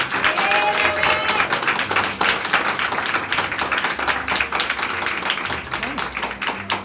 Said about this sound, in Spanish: No, pero ese aplauso es cuálido ahí. No, así no. Bien fuerte ese aplauso al Señor.